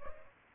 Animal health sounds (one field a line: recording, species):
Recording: mosquito wingbeat signal from an infrared sensor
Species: Culex pipiens